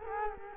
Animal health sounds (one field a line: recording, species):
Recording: mosquito wingbeat signal from an infrared sensor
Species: Culex quinquefasciatus